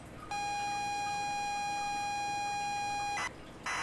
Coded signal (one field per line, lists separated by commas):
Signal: ZX Spectrum tape loading